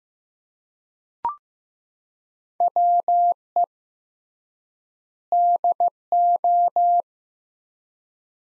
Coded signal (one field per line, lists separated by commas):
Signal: Morse code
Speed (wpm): 15 wpm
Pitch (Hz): 700 Hz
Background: none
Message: WE DO